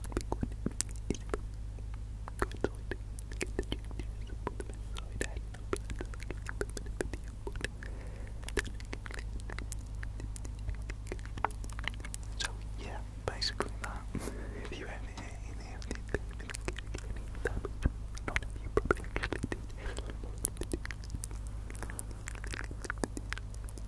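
Dense mouth sounds fill the recording: quick wet clicks, smacks and tiny pops arriving in rapid, irregular bursts throughout. A steady low hum sits underneath the whole time, and the clicks stay crisp with no clear words.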